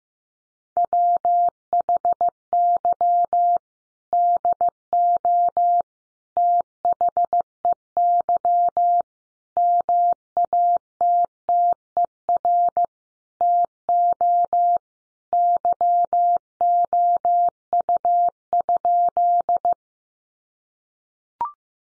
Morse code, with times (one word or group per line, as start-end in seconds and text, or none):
0.8-3.6 WHY
4.1-5.8 DO
6.4-9.0 THEY
9.6-12.8 MATTER
13.4-14.8 TO
15.3-19.7 YOU?